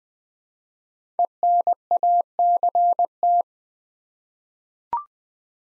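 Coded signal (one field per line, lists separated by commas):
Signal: Morse code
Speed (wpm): 20 wpm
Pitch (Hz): 700 Hz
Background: none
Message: ENACT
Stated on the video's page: 20 wpm Morse practice sending five-letter words, each sent twice, for head-copy training toward word recognition.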